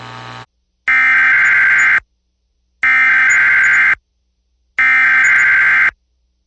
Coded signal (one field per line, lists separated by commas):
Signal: Emergency Alert System (SAME) tones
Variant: header bursts